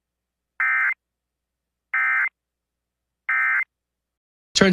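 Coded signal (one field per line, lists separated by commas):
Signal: Emergency Alert System (SAME) tones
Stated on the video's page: Personally captured thunderstorm-related EAS alerts.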